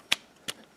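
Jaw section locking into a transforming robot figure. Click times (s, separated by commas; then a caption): 0.1 s. During the shark-to-robot transformation of a plastic transforming robot figure, the jaw section is folded and locks in place with a sharp, loud plastic click at 0.1 s. A second, softer click follows near 0.5 s, then faint small ticks before the clip ends.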